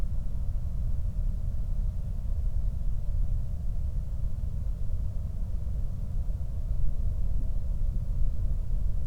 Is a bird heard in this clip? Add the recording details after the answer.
no. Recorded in the Prudhoe Bay oil fields, Alaska, on 19 August 2021 at 05:29. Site 25